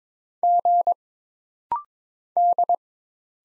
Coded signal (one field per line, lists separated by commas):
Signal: Morse code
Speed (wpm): 22 wpm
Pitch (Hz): 700 Hz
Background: none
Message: G D